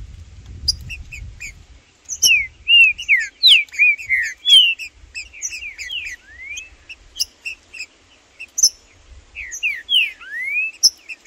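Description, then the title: Green-winged saltator song of chirps and slurred whistles in long bursts, several rising sweeps toward the end, faint low rumbling at times. Several birds in the bush, including ones called Blindado and Tufão, singing and chirping while competing as males with a free-living bird. "Seu TRINCA Piando, Cantando E Macheando Na DISPUTA. Trinca Ferro no MATO Cantando e Macheando muito com Solto! Blindado e Tufão no mato"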